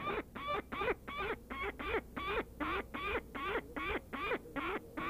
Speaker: We are listening to the territorial vocalization of a peregrine falcon.